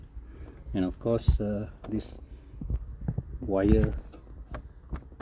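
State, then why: Seated. A wiring connector is pressed onto the back of the original start button of a Honda City GM6 while the button is refitted in the dash. Someone talks, followed by faint handling taps and clicks. The connector clicks in and seats at 5.2 s.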